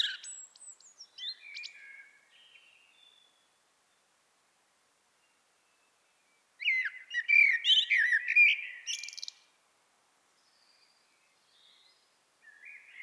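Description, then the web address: Common blackbird song: soft warbled whistles, a pause, then a loud burst of squeaky, chattering high notes, with a quiet fluted phrase starting at the end. "SETE data Turdus merula"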